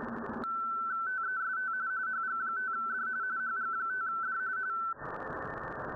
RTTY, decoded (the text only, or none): TEST HG5D HG5D